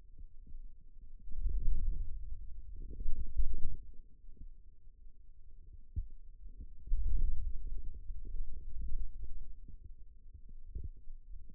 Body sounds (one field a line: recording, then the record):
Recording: forearm muscle sounds (acoustic myography)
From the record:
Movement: wrist extension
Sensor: system 2, bracelet of six BSWA MPA416 microphones around the upper forearm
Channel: 2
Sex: male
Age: 22 years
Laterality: right